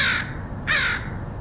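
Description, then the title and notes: Crow giving two short, harsh caws over a low rumble. Crows recorded in Portland, Oregon, USA, in August 2003. "Crows of Portland. Crows recorded by Dan Bodah in Portland, OR, August 2003"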